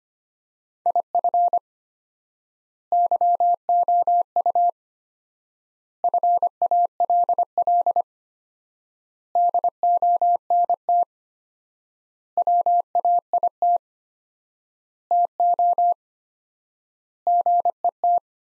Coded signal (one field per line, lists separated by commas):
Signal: Morse code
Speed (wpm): 25 wpm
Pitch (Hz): 700 Hz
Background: none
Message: IF YOU FALL DONT WAIT TO GET